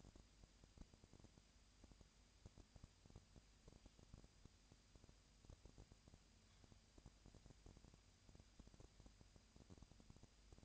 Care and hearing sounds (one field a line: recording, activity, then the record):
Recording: daily activity, microphone in the room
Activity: no activity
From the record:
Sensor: 2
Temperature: 20.3 degrees Celsius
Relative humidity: 37.0%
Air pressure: 998.6 hPa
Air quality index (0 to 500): 236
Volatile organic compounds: 38 ppm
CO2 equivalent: 3117 ppm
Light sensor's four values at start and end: 2/3/2/2 and 2/3/2/2